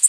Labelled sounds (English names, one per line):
Worm-eating Warbler flight call